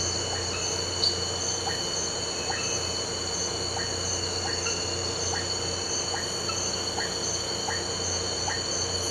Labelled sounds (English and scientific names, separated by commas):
none